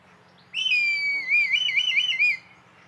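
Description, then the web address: Red kite call, a clear high whistle that starts drawn out and slightly falling, then turns into a fast, trembling, wavering trill before stopping. "sound Red-kite. صدای-پرنده-کورکور-حنایی"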